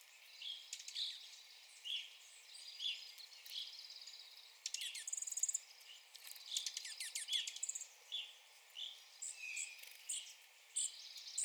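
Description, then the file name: Evening grosbeak calls, many short bright notes in an irregular stream, with occasional sharp clicks and faint high chirps. Recorded 9 April 2021. "2021-04-09 Evening Grosbeak"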